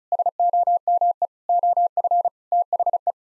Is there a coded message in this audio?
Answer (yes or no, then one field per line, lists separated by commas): yes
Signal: Morse code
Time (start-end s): 0.1-3.1 s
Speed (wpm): 36 wpm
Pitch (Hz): 700 Hz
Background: none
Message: SOME OF THE